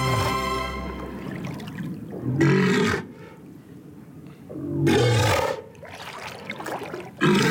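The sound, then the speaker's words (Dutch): A walrus at Schiermonnikoog, recorded from very close, bellows in loud, rough, roaring bursts with deep grunting undertones, two long throaty blasts separated by quieter breathy rumbles, with faint water sounds in between. “Dit is wel een opname van heel erg dichtbij van deze walrus.”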